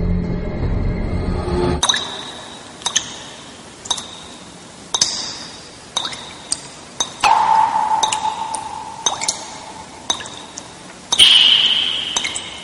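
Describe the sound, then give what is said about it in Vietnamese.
Water drips from a loosely closed faucet into the water in a bathtub in a small bathroom, about a dozen clear plinks landing roughly once a second, each with a bright, ringing tone. A brief low rumble comes before the first drop. “Chỉ thỉnh thoảng có một giọt nước rơi ra từ cái vòi chưa vặn chặt, rơi xuống nước trong bồn tắm, kêu tách một tiếng.”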